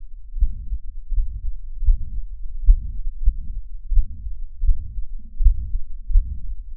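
Regular heartbeat at about 86 beats a minute in an adult, heard through a stethoscope, each beat followed by a low, rushing murmur that fills much of the cycle. A heart murmur, an abnormal sound of turbulent blood flow through the heart.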